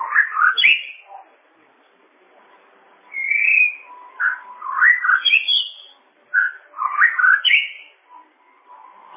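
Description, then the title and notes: Bird song made of varied phrases: swooping whistles, a high clear note, and tumbling warbles, separated by short silences. "Bird Sound. Kicau Burung Lengkap"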